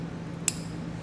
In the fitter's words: we should hear it click when it's locked into place